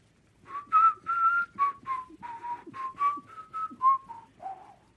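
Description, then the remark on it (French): Someone whistles a cheerful tune alone while walking away: a quick run of about a dozen clear notes, some held and some short, bouncing around a mid-high pitch and dipping lower at the end. “Le bonhomme de neige leur dit au revoir et s'éloigne en sifflant.”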